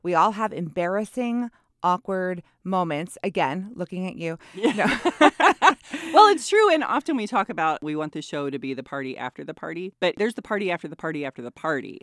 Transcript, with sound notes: We all have embarrassing, awkward moments again, looking at you.
Yeah. (laughing) Well, it's true. And often we talk about, we want the show to be the party after the party, but there's the party after the party after the party.